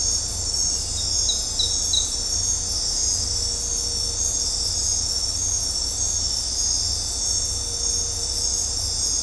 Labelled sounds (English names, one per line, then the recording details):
none
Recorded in dense forest near Puerto Asís, Putumayo, Colombia, on 26 December 2024 at 22:30
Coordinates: 0.503, -76.323
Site G043